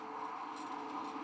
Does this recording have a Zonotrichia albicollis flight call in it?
no